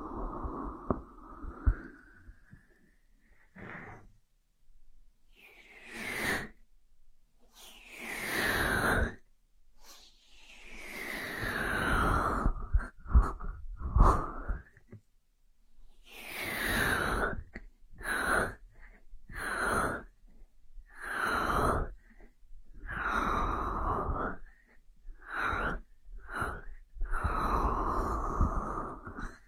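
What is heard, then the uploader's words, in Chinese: Ear massage, made of soft rubbing and brushing strokes that sweep from low to bright, each lasting a second or two. The strokes come irregularly with short silent gaps between them, busier after the midpoint, with occasional crisp crackles and sharper scrapes mixed in. 按摩耳朵，一些让人放松的声音。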